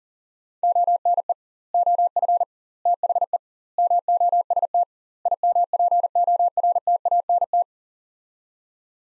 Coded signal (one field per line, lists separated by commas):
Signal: Morse code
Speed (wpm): 37 wpm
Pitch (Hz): 700 Hz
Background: none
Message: ONE OF THE MOST IMPORTANT